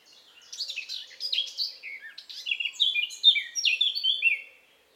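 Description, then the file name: Eurasian blackcap song: quiet chattering warble opening into loud, clear whistled phrases that rise and fall, ending after about four seconds. "Sylvia atricapilla"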